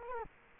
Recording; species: mosquito wingbeat signal from an infrared sensor; Culex quinquefasciatus